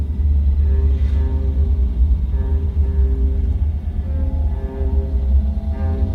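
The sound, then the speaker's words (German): A steady, low engine rumble of a car driving, droning continuously with faint higher harmonics and no voices, holding an even loudness throughout. “Ein Auto, das uns schon eine ganze Weile lang immer im selben Abstand folgt.”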